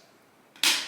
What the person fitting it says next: that's one click